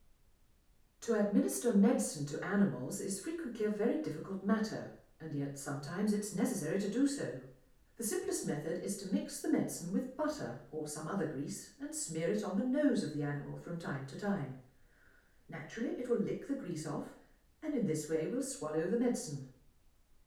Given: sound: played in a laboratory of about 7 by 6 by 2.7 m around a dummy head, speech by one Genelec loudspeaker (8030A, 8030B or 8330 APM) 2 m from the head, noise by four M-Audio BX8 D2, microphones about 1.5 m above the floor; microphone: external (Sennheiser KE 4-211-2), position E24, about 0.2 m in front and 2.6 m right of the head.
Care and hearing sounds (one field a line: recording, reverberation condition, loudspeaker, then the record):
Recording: female speech in English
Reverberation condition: medium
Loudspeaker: 60 degrees to the left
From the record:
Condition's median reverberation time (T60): about 510 ms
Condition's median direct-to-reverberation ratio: about -0.5 dB